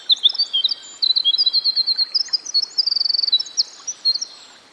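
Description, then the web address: Winter wren song: a long, rushing series of thin, high notes, trills and warbles tumbling for over four seconds with one brief pause near the start, over a gentle continuous hiss. Recorded by a stream. "Dan Gibson Songbirds By The Stream. Winter Wren"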